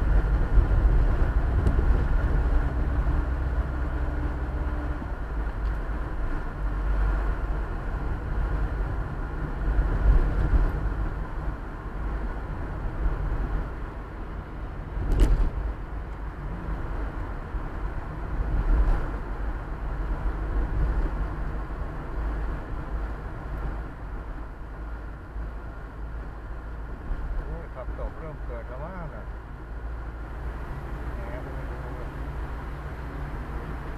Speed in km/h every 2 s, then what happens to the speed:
35, 36, 37, 39, 40, 41, 41, 40, 41, 40, 41, 41, 42, 43, 44, 45, 47.
0-34 speeds up to 47.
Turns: none.